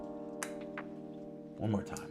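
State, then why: Seated. A solid perfume bottle cap, indented on the inside, is pushed onto the bottle neck and clicks into place with a sharp snap at 0.4 s, followed by a fainter tick at 0.8 s. Steady music plays underneath throughout, and someone talks near the end. The cap is seated.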